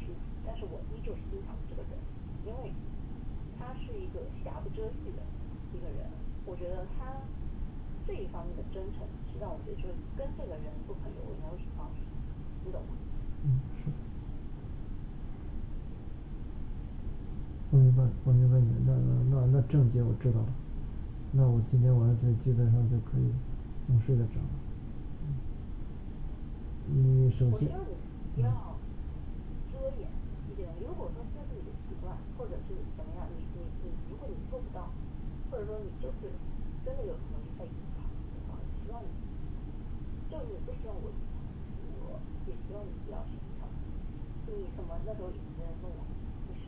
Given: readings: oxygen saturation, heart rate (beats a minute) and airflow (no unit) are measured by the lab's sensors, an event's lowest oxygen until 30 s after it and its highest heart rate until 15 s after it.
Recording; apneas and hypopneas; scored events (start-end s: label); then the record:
a person awake in a sleep study, by a smartphone at the bedside; none
0.00-46.68 s: awake
From the record:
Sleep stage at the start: awake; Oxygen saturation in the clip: 95 to 97%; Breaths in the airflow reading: 19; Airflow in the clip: -5.1 to 5.1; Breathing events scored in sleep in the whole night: 216 in 7.0 hours asleep